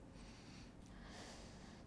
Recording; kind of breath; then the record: one breath in and out by a microphone near the nose and mouth; deep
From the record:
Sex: male